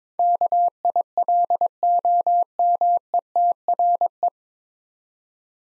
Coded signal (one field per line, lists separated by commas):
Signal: Morse code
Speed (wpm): 22 wpm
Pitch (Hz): 700 Hz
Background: none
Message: KILOMETRE